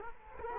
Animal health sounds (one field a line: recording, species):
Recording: mosquito wingbeat signal from an infrared sensor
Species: Culex quinquefasciatus